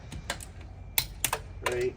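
A torque wrench set to 130 Nm tightens the next wheel nut on a Great Aussie Gravity caravan, clicking at 1.0 s and 1.3 s when it reaches the setting. Someone talks between the clicks, and the nut is tightened to torque.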